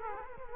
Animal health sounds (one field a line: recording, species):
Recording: mosquito wingbeat signal from an infrared sensor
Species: Culex quinquefasciatus